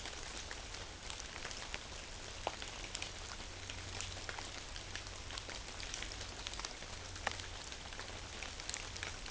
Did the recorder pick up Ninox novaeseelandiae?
no